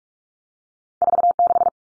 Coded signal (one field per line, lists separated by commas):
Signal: Morse code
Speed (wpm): 44 wpm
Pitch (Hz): 700 Hz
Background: none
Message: 46